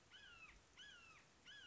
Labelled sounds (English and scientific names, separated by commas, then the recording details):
Red-shouldered Hawk (Buteo lineatus)
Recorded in Sonoma County, California